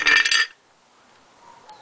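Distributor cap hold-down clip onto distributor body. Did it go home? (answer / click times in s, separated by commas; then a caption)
no / none. Someone tries to hook and lock the hold-down clip of a distributor cap onto the distributor body, making a burst of bright metallic clinking and rattling in the first half second, then near silence with a faint tick around 1.7 s. The clip has not caught or clicked into place yet; the attempt is missed.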